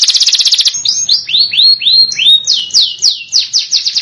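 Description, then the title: Canary song: a fast buzzy trill, then a series of whistled notes sweeping downward, finishing with quick rolling trills. Belgian canary song, long and lively, used to warm up other birds. "Canto Para Esquentar Canário Belga. MASTERAN SUARA BURUNG KENARI GACOR PANJANG"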